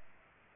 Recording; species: mosquito wingbeat signal from an infrared sensor; Aedes aegypti